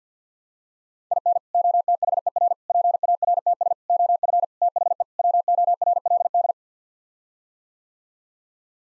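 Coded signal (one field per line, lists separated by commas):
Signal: Morse code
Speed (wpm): 50 wpm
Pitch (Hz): 700 Hz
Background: none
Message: IN OTHER PARTS OF THE WORLD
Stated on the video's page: Head-copy practice: sets of six-word common phrases sent in Morse at 50 wpm, each sent, spoken, then sent again.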